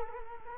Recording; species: mosquito wingbeat signal from an infrared sensor; Culex quinquefasciatus